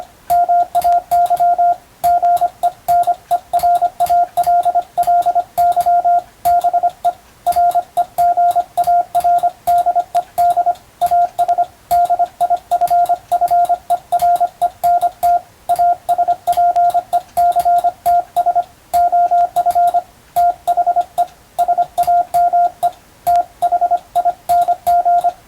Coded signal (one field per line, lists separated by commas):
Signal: Morse code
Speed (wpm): 25 wpm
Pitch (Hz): 700 Hz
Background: radio noise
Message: MAY GENERALLY BE REGARDED AS DIFFERENT ASPECTS OF THE SAME THING